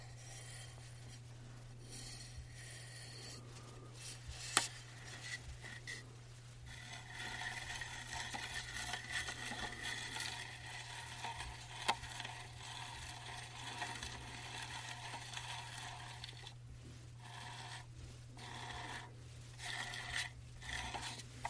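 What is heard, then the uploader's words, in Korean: A trackball mouse rolls with a dry, rubbing whir that comes in uneven stretches, thinning into brief pauses near the end. Sharp clicks sound at about 4.5 and 12 seconds, and a steady low hum runs underneath throughout. ASMR 듣기 좋은 트랙볼 마우스 소리.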